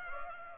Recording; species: mosquito wingbeat signal from an infrared sensor; Culex pipiens